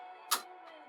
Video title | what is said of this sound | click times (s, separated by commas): The New Standard For Workstations - Introducing the Cubical Commander | And you'll hear it snap down, | 0.3 s